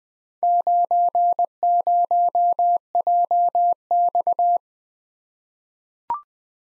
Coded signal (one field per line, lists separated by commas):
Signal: Morse code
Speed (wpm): 20 wpm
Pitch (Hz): 700 Hz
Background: none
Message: 90JX